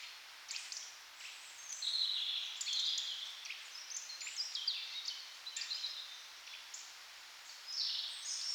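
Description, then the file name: Birdsong, overlapping high warbles and whistled notes in a steady chorus, with several louder bursts of rapid twittering. "melodiez vogels"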